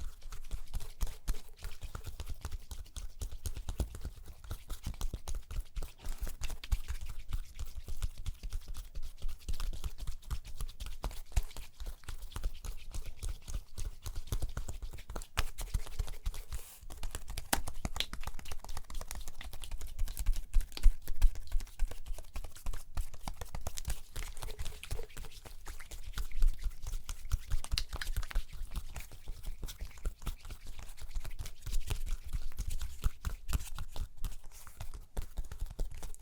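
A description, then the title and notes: Continuous massage sounds: dense, rapid patting and tapping on skin, layered with soft rubbing and brushing. The rhythm stays busy and fairly even across the whole stretch, with slight swells in loudness around the middle and a low rumble underneath. ASMR Relaxing Neck & Shoulders MASSAGE (No Talking) Layered Sounds.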